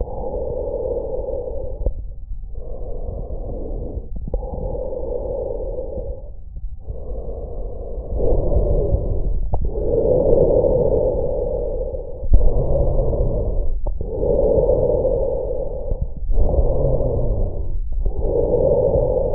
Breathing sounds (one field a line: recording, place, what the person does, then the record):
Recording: lung sounds by stethoscope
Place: trachea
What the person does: quiet breathing, then deep breathing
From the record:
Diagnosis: COPD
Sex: male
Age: 64 years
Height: 166 cm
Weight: 92.7 kg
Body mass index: 33.6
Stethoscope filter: extended mode